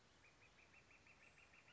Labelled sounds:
Northern Flicker (Colaptes auratus)
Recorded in Sonoma County, California

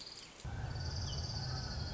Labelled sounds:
Orange-crowned Warbler (Leiothlypis celata)
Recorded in Sonoma County, California

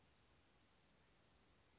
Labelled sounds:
Western Flycatcher (Empidonax difficilis)
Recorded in Sonoma County, California

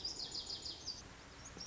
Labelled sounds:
Lazuli Bunting (Passerina amoena)
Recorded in Sonoma County, California

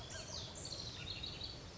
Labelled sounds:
House Wren (Troglodytes aedon)
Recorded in Sonoma County, California

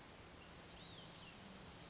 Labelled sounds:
Olive-sided Flycatcher (Contopus cooperi)
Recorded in Sonoma County, California

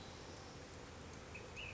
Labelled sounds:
Ash-throated Flycatcher (Myiarchus cinerascens)
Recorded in Sonoma County, California

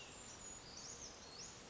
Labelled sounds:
Brown Creeper (Certhia americana)
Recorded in Sonoma County, California

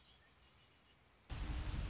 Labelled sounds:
Red-winged Blackbird (Agelaius phoeniceus)
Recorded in Sonoma County, California

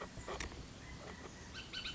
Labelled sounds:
Bullock's Oriole (Icterus bullockii)
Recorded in Sonoma County, California

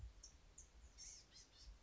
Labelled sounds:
Blue-gray Gnatcatcher (Polioptila caerulea)
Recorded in Sonoma County, California

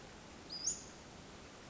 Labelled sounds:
Western Flycatcher (Empidonax difficilis)
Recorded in Sonoma County, California

